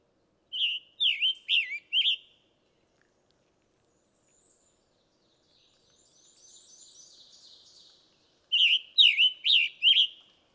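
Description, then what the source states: Scarlet Tanager song: a burst of several burry, slightly raspy robin-like phrases, then another burst after a long pause; another bird's faint trill in between. Forest bird; song slightly raspy, like a robin with a sore throat, sung in spring on arrival to establish territory and seek a mate; ovenbird calling in background.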